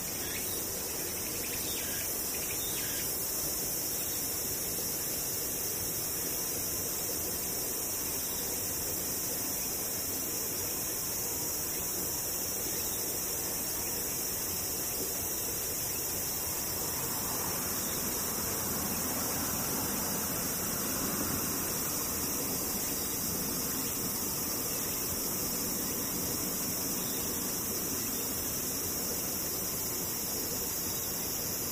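Insects buzz and whir in a dense, unbroken wash that holds steady for the whole half minute. A bright, high band sits constantly on top, while a soft swell in the middle range rises around fifteen seconds and fades near twenty-five.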